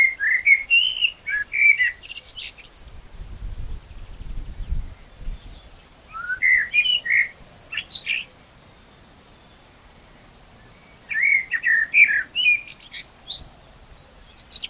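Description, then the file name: Common blackbird song: three bursts of warbled whistles with shrill high squeaks, separated by pauses, over a faint low rumble. "Turdus merula"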